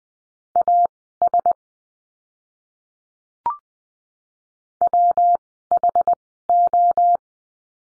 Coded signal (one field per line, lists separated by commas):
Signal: Morse code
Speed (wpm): 20 wpm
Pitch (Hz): 700 Hz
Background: none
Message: AS WHO